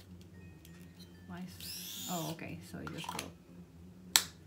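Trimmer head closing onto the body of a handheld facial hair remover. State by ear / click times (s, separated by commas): seated / 4.2 s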